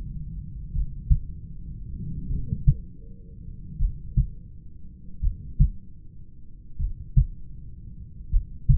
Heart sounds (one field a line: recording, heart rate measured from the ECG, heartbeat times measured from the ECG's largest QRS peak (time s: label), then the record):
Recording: heart sounds by stethoscope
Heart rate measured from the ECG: 40 bpm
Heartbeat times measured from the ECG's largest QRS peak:
0.76 s: heartbeat
2.33 s: heartbeat
3.82 s: heartbeat
5.25 s: heartbeat
6.82 s: heartbeat
8.34 s: heartbeat
From the record:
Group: heart failure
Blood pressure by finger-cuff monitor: 102/66 mmHg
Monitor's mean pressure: 76 mmHg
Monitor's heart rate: 41 bpm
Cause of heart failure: familial cardiomyopathy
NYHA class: 1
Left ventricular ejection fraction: 49%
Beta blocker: bisoprolol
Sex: male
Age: 31 years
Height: 194 cm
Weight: 96 kg